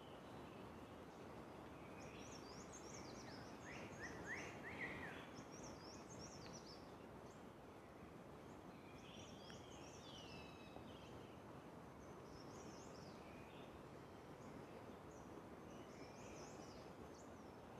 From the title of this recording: Sound of the Garhwal Himalayas